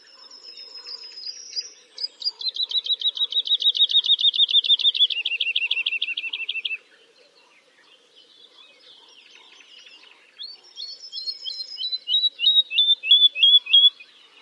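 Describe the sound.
Bird calling in a rapid, even trill of clipped notes that drops in pitch partway, then a pause and a second run of sharp, downslurred chirps that grows louder.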